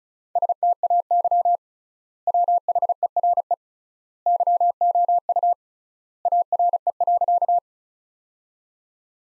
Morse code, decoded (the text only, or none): STAY WHERE YOU ARE.